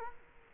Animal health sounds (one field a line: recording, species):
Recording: mosquito wingbeat signal from an infrared sensor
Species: Culex quinquefasciatus